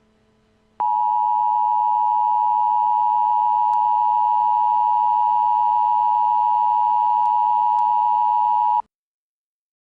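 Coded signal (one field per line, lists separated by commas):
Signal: Emergency Alert System (SAME) tones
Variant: 853 and 960 Hz attention tone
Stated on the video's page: Simulated EAS alert for a fictional Ebola scenario.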